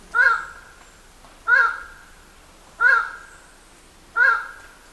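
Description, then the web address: Highland Tinamou giving short harmonic calls with a brief rising-falling shape, repeated evenly about every 1.3 seconds, four notes over steady faint background hiss. "Highland tinamou. صدای-پرنده-وشم-کوهسار"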